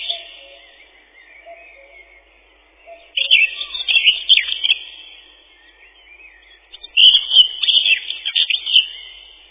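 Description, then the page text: Common whitethroat delivering two brisk, grating warbled phrases a few seconds apart, with faint lower whistled notes at the start. Song described as a twittering 'tirli-vi-tir-li-chet-chit-chitirli'; also called the chatterer warbler. "Серая славка, или славка-говорунчик — Sylvia communis. Пение. Песня — щебетание “тирли-ви-тир-ли-чет-чит-читирли”"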